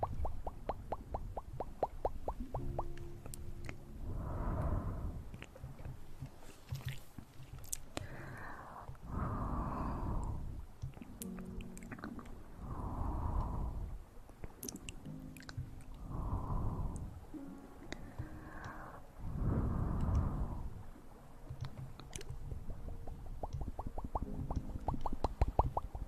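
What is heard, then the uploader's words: Intense mouth sounds: wet, squishy chewing and smacking in slow, swelling bursts roughly every two to three seconds, each with a low muffled hum underneath. Sharp clicks and pops dot the whole recording, with quick rapid clicking at the start and end. Intense Mouth Sounds.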